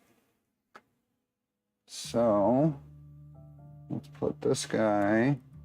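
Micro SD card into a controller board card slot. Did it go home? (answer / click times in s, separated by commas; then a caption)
no / none. A micro SD card for a printer's MCU board is being handled before going into the spring-loaded push-push card slot on the controller board; nothing has seated or clicked yet. There is a brief faint tick near 0.8 s, then someone talks over a steady tonal, music-like background.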